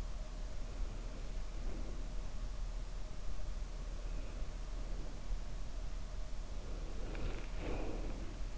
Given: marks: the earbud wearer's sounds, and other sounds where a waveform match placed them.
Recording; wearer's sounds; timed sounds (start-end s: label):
sounds in sleep by an in-ear microphone; breath
0.27-2.09 s: breath
3.71-5.53 s: breath
6.38-8.58 s: breath